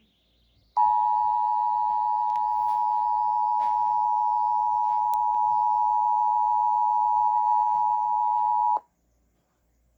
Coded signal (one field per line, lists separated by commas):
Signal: Emergency Alert System (SAME) tones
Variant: 853 and 960 Hz attention tone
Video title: EAS#17 Severe Thunderstorm Warning